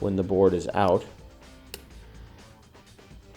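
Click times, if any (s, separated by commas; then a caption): 1.7 s. Someone talks while a small ribbon cable is pressed into its connector on the bottom of a Nintendo DSi XL handheld console's motherboard, reachable only with the board out. A single short, sharp click at 1.7 s marks the cable locking into place, and the connector is seated.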